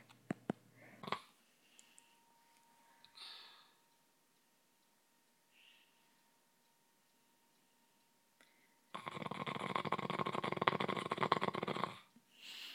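After quiet stretches with faint rustles, one loud, rough, rattling snore lasts about three seconds, fluttering rapidly like a car motor that's about to die and won't turn over. This is loud snoring in a dog who has been sick, where congested airways make the breathing noisy.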